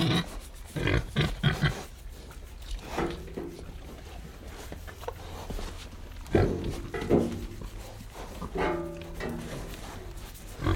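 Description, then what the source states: Tamworth pig grunting in short low harmonic bursts, several clustered near the middle and end, over steady crunching, chewing and snuffling noises. Tamworth pigs grunting and breathing while eating.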